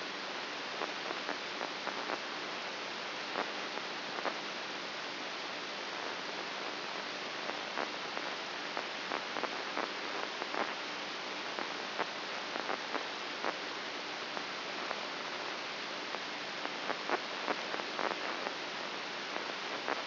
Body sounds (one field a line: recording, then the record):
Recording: brain microelectrode recording played as sound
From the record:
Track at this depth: inside the subthalamic nucleus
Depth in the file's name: 3.84 mm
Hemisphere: right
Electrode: 2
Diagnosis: Parkinson's disease